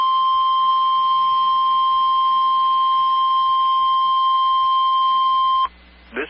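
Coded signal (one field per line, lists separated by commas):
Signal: Emergency Alert System (SAME) tones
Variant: 1050 Hz attention tone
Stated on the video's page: Real Required Weekly Test alerts.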